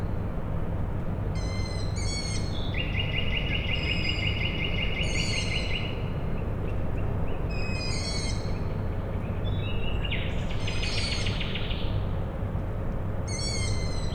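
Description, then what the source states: Owl chicks calling with repeated shrill squeaks, some of them drawn out, over a low machinery hum. Owl chicks calling at night, Tuesday 21 May 2019, Michałkowice, Siemianowice Śląskie, Poland; industrial plant in background; Zoom H5, Audio-Technica BP4025.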